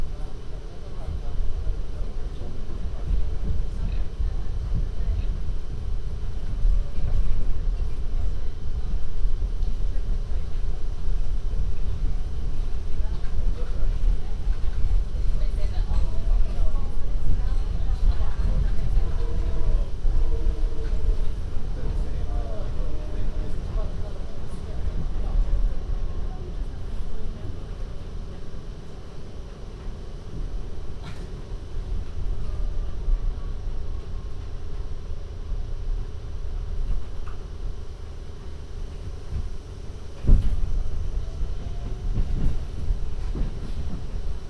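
A binaural recording of a trip through New York on the MTA, filled with a steady low rumble of a moving vehicle. Faint voices and small tonal squeals drift through the middle, and a sharp clank stands out near forty seconds.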